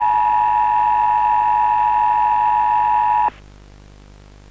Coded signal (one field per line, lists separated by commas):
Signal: Emergency Alert System (SAME) tones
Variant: 853 and 960 Hz attention tone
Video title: //VHS:=EAS ALERT (EBS) SEEK SHELTER:= open the doors now, they are here, and they are starving.